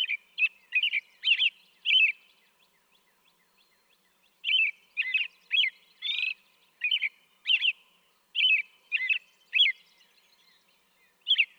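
American robin singing a burst of whistled, slurred carol phrases, a short gap, then a longer run of phrases.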